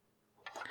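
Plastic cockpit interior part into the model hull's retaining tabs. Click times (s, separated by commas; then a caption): 0.5 s. A plastic cockpit interior part of a Bandai Perfect Grade Millennium Falcon (#01206) push-fit scale model is slid under two small plastic tabs on the model hull. After quiet handling, a single sharp plastic tick at 0.5 s marks the part locking in place, followed by brief rustling. The part is seated.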